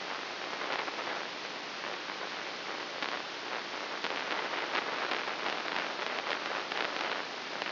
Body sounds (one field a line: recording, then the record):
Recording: brain microelectrode recording played as sound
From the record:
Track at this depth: inside the subthalamic nucleus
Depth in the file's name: 1.605 mm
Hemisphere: right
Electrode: 3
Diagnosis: Parkinson's disease